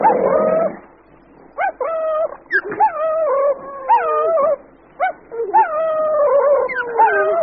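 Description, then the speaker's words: Cheetahs squealing in a fight: drawn-out quavering whines that bend up and down, several callers overlapping, with brief gaps between bursts of cries. Five cheetahs battling with tooth and claw over a reedbuck carcass, each fighting for his share, in the bush. "One reedbuck, who paid the price of relaxing his guard for a moment, ended up as the object of a battle of tooth and claw between five cheetah, each fighting for his share of the gory repast."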